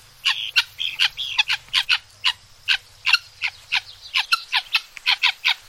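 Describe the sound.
Guinea fowl giving a rapid rhythmic series of grating, metallic squawks, roughly three to four per second, with a faint low hum under the first half.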